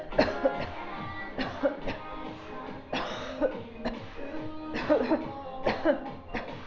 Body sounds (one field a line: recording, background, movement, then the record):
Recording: voluntary coughing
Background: music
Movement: walking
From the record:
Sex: female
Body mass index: 22.6 kg/m2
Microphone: on the chest, facing outward